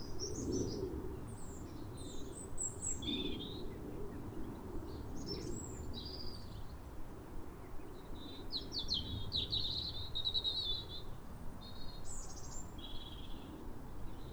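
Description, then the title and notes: European robin song: rapid, high-pitched twittering and wistful whistled phrases, one after another with brief gaps, above a steady low rumble. Pair of robins in neighbouring gardens singing a duet at a clear, calm rosy sunrise at New Year in winter, after weeks of rain. "Sound Escape 150: Be uplifted by a chorus of New Year's robins. A pair of robins in neighbouring gardens welcome the early sun with wistful phrases as if chatting over the fence. Recorded by Fergus Collins. BBC Countryfile Magazine"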